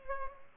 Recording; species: mosquito wingbeat signal from an infrared sensor; Culex pipiens